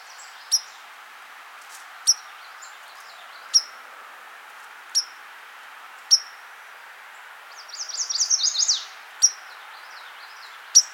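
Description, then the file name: White-throated Sparrow sharp high chip notes, single and spaced at fairly even intervals, with a brief dry trill late on. "Zonotrichia albicollis - White-throated Sparrow"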